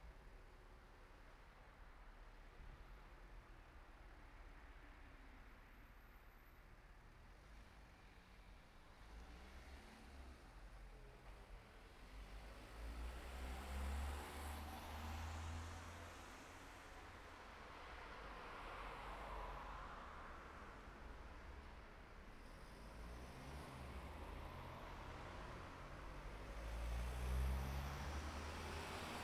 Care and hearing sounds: everyday scene through a hearing-aid microphone; in traffic; traffic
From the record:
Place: city secondary road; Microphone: behind the ear, right, rear

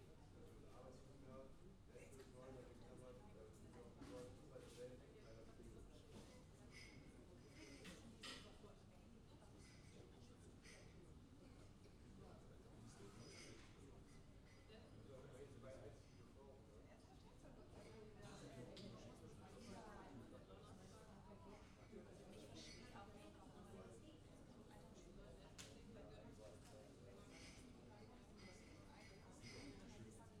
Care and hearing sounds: everyday scene through a hearing-aid microphone; many people talking; many voices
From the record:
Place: university cafeteria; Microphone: in the ear canal, left

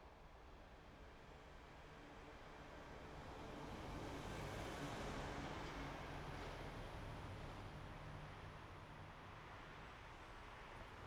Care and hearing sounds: everyday scene through a hearing-aid microphone; in traffic; traffic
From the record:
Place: main road on the outskirts, rush hour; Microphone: behind the ear, right, front

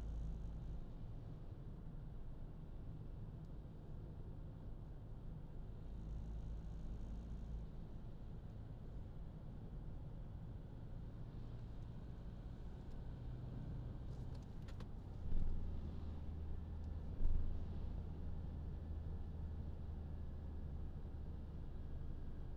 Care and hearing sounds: everyday scene through a hearing-aid microphone; in a vehicle; engine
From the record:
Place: Berlingo II, diesel engine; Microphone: in the ear canal, left

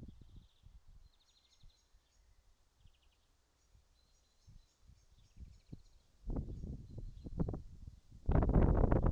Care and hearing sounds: everyday scene through a hearing-aid microphone; wind on the microphone; wind, birds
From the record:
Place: in front of a rural house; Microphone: in the ear canal, right

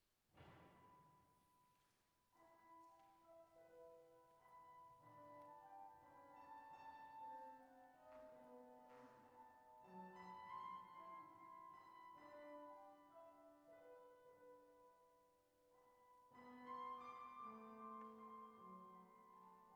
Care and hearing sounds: everyday scene through a hearing-aid microphone; reverberant space; music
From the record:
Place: church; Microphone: behind the ear, left, rear

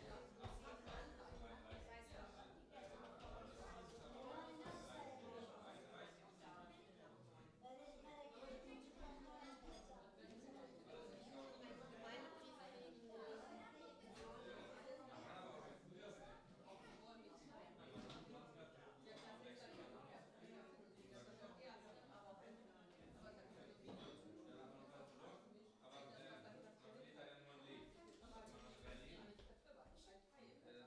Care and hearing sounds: everyday scene through a hearing-aid microphone; many people talking; many voices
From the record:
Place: parish hall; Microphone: in the ear canal, left

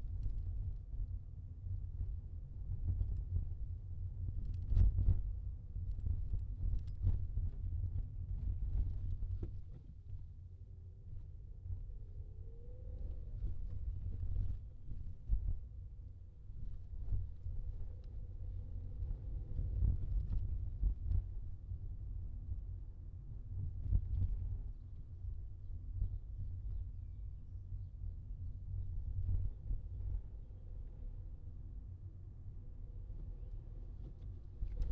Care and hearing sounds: everyday scene through a hearing-aid microphone; in a vehicle; engine, highway traffic jam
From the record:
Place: Skoda Fabia, gasoline engine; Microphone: in the ear canal, left

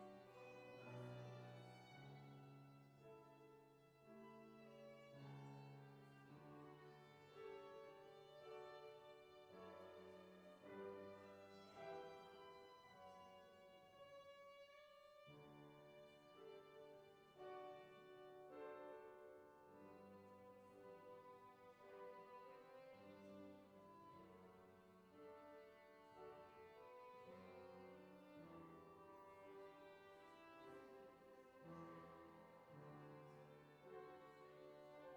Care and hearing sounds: everyday scene through a hearing-aid microphone; reverberant space; music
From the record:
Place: church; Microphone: behind the ear, left, front

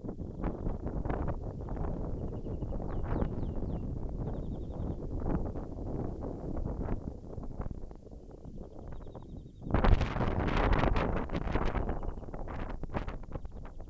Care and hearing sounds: everyday scene through a hearing-aid microphone; wind on the microphone; wind, birds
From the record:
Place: in front of a rural house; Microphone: behind the ear, left, front

